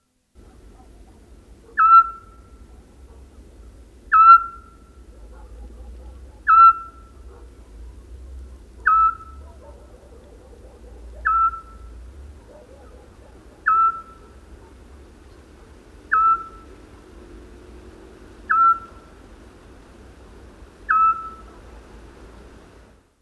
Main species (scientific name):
Otus scops